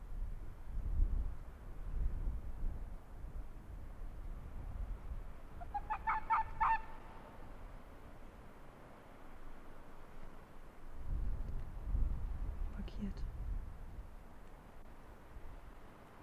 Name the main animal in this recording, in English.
Arctic Fox